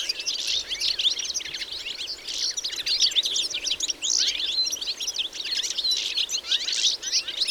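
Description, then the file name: European goldfinch calls, dense overlapping chirps and twitters that keep going, rising and falling in intensity. "Carduelis carduelis"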